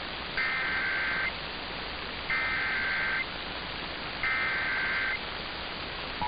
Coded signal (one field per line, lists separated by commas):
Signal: Emergency Alert System (SAME) tones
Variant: header bursts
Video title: NWR Weeklies & Nevada Monthly Tests (EAS #1260-#1272)